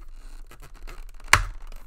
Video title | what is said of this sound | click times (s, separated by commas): Football Helmet Components - Riddell vs. Schutt Helmets | So when you hear that snap, you know that it's in. | 1.3 s